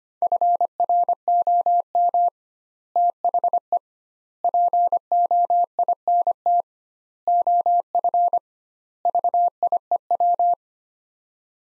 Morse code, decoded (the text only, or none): FROM THE POINT OF VIEW